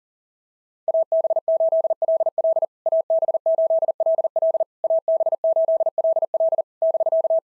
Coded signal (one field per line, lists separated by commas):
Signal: Morse code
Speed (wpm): 40 wpm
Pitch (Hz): 650 Hz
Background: none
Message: AB8LL AB8LL AB8LL <BK>